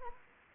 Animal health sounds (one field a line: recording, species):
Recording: mosquito wingbeat signal from an infrared sensor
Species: Anopheles arabiensis